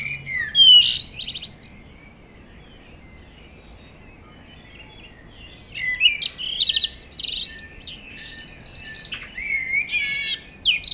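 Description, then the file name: Common blackbird giving a brief warble with a high twitter, then after a long silence a longer, busier phrase of fluty notes and squeaky flourishes. "Turdus merula"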